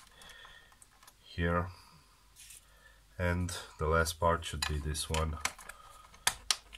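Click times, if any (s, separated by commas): 6.3 s, 6.5 s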